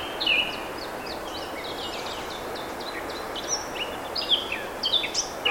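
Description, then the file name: Eurasian blackcap song, a fast scratchy warble of varied chirping notes with a few brighter whistled accents, over a steady background hiss. "Sylvia atricapilla"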